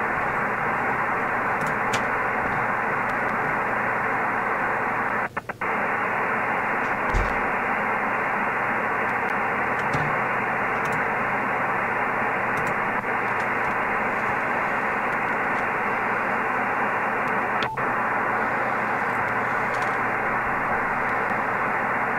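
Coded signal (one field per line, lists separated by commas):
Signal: HF data modem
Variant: PACTOR III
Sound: continuous dense hissing data signal with brief dropouts, steady throughout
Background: radio static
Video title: Winlink Pactor 3 connection using Airmail v3.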